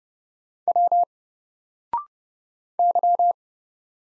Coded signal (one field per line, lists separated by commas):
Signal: Morse code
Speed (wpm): 30 wpm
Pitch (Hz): 700 Hz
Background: none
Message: W Y